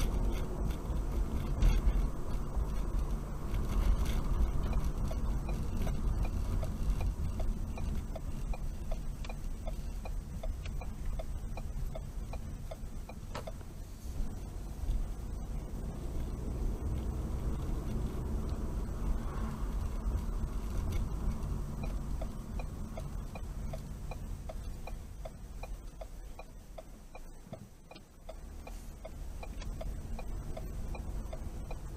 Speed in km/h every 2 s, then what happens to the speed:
32, 37, 31, 26, 16, 13, 13, 15, 21, 29, 27, 21, 10, 0, 0, 8.
3-9 brakes to 13. 9-14 steady at about 13. 14-19 speeds up to 29. 19-26 brakes to 0. 26-29 standing. 29-32 pulls away to 8.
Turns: 8-13.